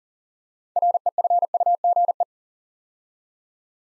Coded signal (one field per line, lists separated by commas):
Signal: Morse code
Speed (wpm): 39 wpm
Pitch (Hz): 700 Hz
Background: none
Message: REFUGE